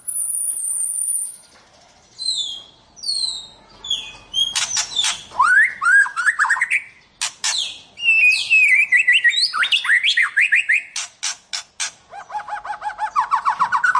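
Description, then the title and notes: White-rumped shama singing a rich, varied song of clear whistles, sharp clicks and harsh notes, ending in a fast, even trill of repeated notes. "Kicau Murai Batu. Kicau Muarai Batu"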